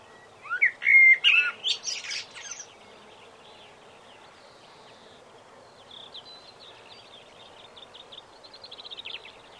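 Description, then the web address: Common blackbird song: one loud fluted warble with a scratchy high twitter at the end, then faint high twittering and trills. "bbc Bird Song Site Blackbird - Merle"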